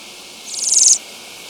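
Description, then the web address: Ash-breasted sierra finch giving a single high, buzzy trill lasting about half a second over faint background hiss. Ecuador, South America. "Birds of Ecuador. ASh-breasted Sierra-Finch"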